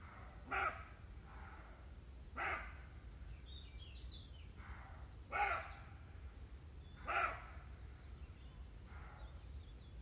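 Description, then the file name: Roe deer barking four times, coarse short barks two to three seconds apart, with faint echoes and a few thin bird chirps behind. "cabirols"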